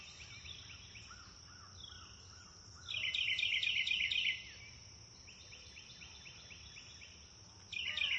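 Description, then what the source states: Bird chirping: soft repeated high notes, then a loud rapid twittering burst of about a second and a half, quieter chirps, and another burst starting at the end. Nature ambience recorded in a wood near a river, with birds chirping.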